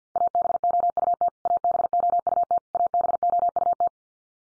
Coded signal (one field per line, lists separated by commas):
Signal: Morse code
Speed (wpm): 50 wpm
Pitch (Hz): 700 Hz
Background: none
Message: ABOUT ABOUT ABOUT